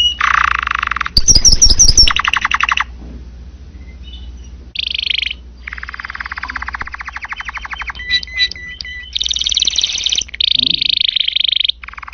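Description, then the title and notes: Canary song in bursts: rapid buzzy trills and rolls broken by short pauses, some phrases high and whistled, others lower and rattling, over a steady low hum. Canary song used as masteran, a training recording played to stimulate and teach other cage birds. "PANCINGAN SUARA MASTERAN KENARI. masteran kicau kenari"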